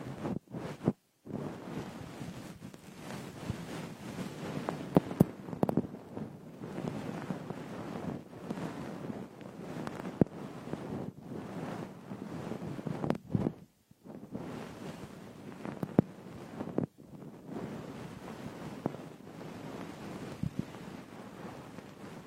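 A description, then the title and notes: Ear picking with a frosted bath ball: a dense, constant scratching and rubbing, muffled and mostly low, flecked with sharper crackly ticks. The motion goes on unevenly, with brief gaps of near-silence around 1, 14 and 17 seconds. Frosted Bath Ball Ear Picking Experience.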